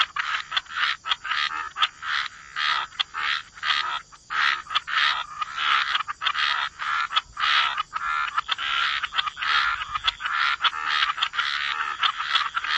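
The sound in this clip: Frogs calling in rapid repeated bursts of buzzy croaks, several per second, forming a pulsing chorus that stays steady throughout.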